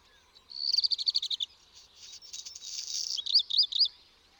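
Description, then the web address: Bird song: a rapid trill of bright high notes, then a buzzy stuttering passage, ending in three sharp upslurred whistles. "aves"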